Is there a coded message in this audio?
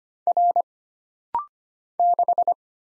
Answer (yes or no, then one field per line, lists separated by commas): yes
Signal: Morse code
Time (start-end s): 0.3-2.5 s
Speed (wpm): 25 wpm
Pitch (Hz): 700 Hz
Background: none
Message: R 6